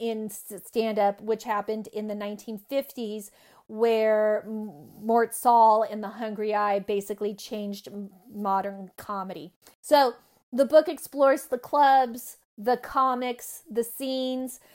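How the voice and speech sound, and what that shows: An adult woman who has stuttered since age 8, for about 40 years, talks fluently overall, with stretched sounds and a long drawn-out 'wer' before resuming, typical of stuttering.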